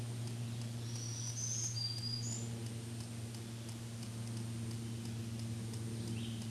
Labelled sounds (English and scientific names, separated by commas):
Black-throated Green Warbler (Setophaga virens) song